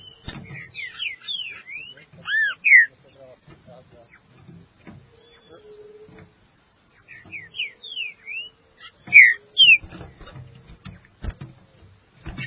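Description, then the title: Green-winged saltator song in two bursts of quick whistled up-and-down slurs, separated by a quieter stretch with soft knocks and a faint low hum. "Trinca Ferro"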